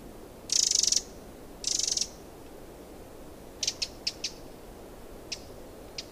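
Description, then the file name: Eurasian wren calls: two buzzy high rattles, then a few sharp ticking notes scattered over the following seconds. "Troglodytes troglodytes"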